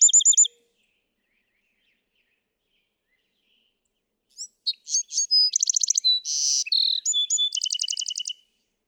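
Bewick's wren singing a varied phrase of sweet notes, buzzes and a fast trill after a brief opening burst and a long pause.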